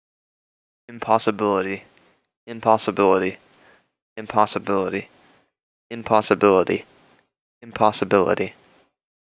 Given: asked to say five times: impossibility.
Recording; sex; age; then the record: repeated word; male; 18 to 19 years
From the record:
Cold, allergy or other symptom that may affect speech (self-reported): no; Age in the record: 19 years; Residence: North Carolina, United States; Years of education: 12